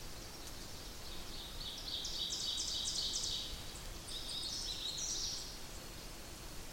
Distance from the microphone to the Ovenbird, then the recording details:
about 55 m. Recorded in boreal forest in Alberta, Canada, on 8 June 2016 at 07:04. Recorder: SongMeter 3, array SBT-3-9. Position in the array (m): 47 m, 103 m. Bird 33